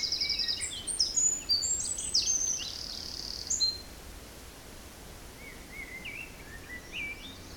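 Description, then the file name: Birdsong, a burst of high whistled and chirping phrases in the first four seconds, then faint scattered chirps over steady wind noise. Forest in spring, windy at force 3 Beaufort, 1 pm. "Forest Spring Birds Windy 3 bft 1 pm"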